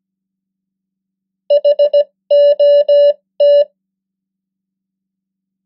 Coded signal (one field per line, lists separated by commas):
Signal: Morse code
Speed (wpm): 17 wpm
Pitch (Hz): 580 Hz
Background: none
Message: HOT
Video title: 100 most common English words in Morse Code @15wpm